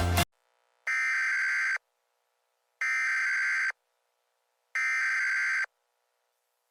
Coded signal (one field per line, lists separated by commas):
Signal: Emergency Alert System (SAME) tones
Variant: header bursts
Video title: EAS Mock #21 - Condensed Avalanche